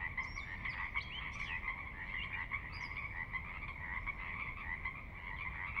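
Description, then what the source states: Pacific Chorus Frog chorus, steady overlapping croaks, with brief high chirping notes mainly in the first half and a constant low wash of water. Chorus recorded at midnight on the valley floor of Sinlahekin Valley, Sinlahekin Wildlife Area, Washington, near the Cascades; distant water spillage in background; unprocessed raw recording.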